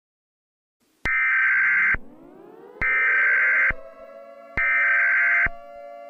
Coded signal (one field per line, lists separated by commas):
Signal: Emergency Alert System (SAME) tones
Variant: header bursts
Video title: EAS Scenario #8 - The Continental Storm